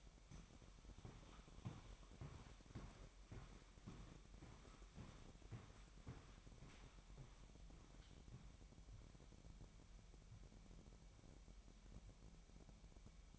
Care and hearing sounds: daily activity, microphone in the room; walk to room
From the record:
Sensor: 1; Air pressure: 1012.2 hPa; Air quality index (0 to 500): 199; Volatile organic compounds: 4 ppm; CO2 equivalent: 1600 ppm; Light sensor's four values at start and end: 74/177/75/79 and 78/187/79/83

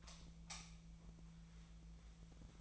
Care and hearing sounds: daily activity, microphone in the room; light off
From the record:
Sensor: 1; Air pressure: 1009.8 hPa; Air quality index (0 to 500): 190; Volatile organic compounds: 18 ppm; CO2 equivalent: 2607 ppm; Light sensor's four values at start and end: 44/129/53/59 and 33/84/35/42

